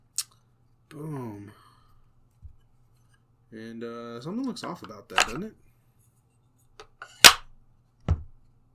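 A wooden magnetic panel is repositioned on a Wyrmwood Eastern Elm dice tower after it was fitted wrong, and it snaps into place with a sharp knock at 7.3 seconds. Someone talks, and there are a few light taps around 6.8 and 7.0 seconds, a short sharp knock at 0.2 seconds and another knock at 8.1 seconds. The panel is now seated correctly.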